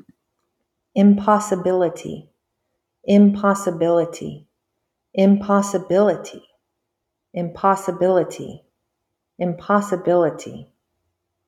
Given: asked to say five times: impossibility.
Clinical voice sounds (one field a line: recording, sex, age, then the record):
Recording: repeated word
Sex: female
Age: 40 to 49 years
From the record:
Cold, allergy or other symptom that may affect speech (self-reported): no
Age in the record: 43 years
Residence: Texas, United States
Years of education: 14